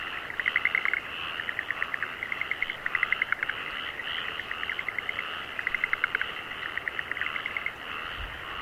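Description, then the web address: Croaking frogs in overlapping rattles, each burst a quick series of clicks, with a thick chorus filling the background. Frogs in rice fields in Aomori, Japan. "Sound Effects-Foundation 1 ANIMAL FROGS AOMORI RICE FIELDS"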